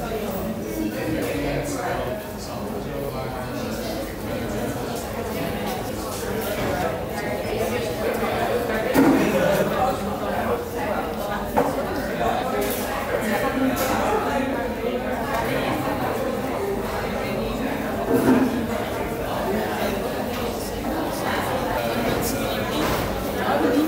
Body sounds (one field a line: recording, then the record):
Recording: background sound without coughing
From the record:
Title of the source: 40 min - Ambience sounds UNIVERSITY lunchroom chatting